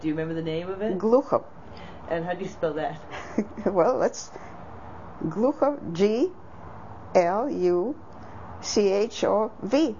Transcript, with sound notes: Do you remember the name of it?
Gluchov.
And how do you spell that?
(laughs) Well let's - Gluchov - G-L-U-C-H-O-V.